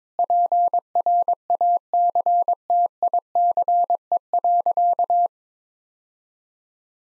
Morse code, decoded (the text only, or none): PRACTICE.